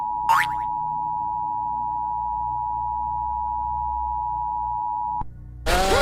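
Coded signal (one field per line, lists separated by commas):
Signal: Emergency Alert System (SAME) tones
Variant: 853 and 960 Hz attention tone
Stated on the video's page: Fictional analog horror EAS scenario, not a real alert.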